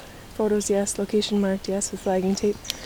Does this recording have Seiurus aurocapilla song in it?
no